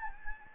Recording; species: mosquito wingbeat signal from an infrared sensor; Anopheles gambiae